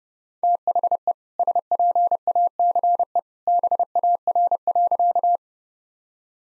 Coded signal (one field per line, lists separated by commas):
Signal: Morse code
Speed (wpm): 28 wpm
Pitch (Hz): 700 Hz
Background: none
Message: THE SPACE BAR.